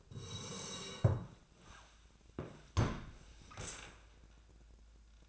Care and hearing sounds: daily activity, microphone in the room; sit down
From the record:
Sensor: 2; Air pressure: 1000.3 hPa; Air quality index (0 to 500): 158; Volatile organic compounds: 3 ppm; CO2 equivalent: 1324 ppm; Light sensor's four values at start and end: 10/21/10/10 and 10/23/10/10

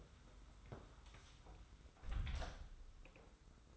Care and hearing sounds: daily activity, microphone in the room; close door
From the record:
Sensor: 3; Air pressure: 991.6 hPa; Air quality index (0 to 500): 147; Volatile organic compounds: 452 ppm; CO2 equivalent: 4753 ppm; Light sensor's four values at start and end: 42/119/48/42 and 42/119/48/42

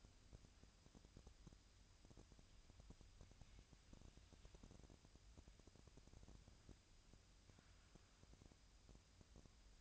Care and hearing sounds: daily activity, microphone in the room; wipe stove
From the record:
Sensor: 2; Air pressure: 1003.1 hPa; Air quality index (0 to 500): 200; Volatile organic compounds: 6 ppm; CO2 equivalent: 1901 ppm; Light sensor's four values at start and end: 9/22/9/10 and 10/23/10/10

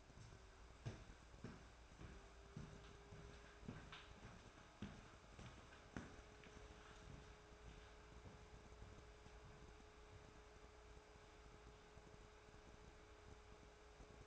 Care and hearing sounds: daily activity, microphone in the room; walk to room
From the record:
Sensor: 2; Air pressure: 1010.3 hPa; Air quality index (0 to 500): 159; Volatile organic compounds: 7 ppm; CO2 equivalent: 2006 ppm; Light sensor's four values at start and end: 38/92/42/48 and 40/97/44/50

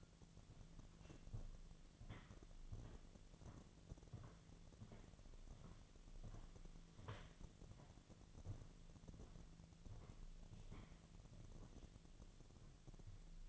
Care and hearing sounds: daily activity, microphone in the room; walk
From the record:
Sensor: 4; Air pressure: 1009.1 hPa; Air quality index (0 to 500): 168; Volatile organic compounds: 4 ppm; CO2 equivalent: 1690 ppm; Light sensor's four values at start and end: 24/76/29/28 and 24/75/29/28

